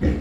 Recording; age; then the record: pig call; growing-finishing pig (85 days or more)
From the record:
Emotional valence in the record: negative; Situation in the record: barren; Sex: female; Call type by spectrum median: low-frequency call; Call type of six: low-frequency stable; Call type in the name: low-frequency stable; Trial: 2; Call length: 0.21 s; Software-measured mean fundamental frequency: 44 Hz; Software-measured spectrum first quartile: 85 Hz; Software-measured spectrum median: 193 Hz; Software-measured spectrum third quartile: 368 Hz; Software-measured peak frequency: 74 Hz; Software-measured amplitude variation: 91 dB a second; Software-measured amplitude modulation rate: 11.8 a second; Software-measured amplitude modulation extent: 7.8 dB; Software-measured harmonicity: -4.0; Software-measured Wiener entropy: -0.83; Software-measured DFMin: 835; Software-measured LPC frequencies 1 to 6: 348, 1893, 3456, 4241, 5178, 6534 Hz